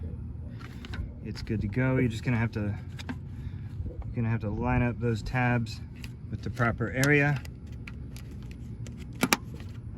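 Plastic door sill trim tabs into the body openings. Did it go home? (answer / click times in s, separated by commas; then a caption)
yes / 9.2 s, 9.3 s. A person talks while fitting a plastic door sill trim from a Nissan Xterra, lining its tabs up with the openings in the body. Around 1 to 3 s and 4 to 7.5 s there is talk over a low steady hum, with a few small handling taps. The tabs snap into place with two sharp clicks at 9.2 and 9.3 s, and the trim is seated.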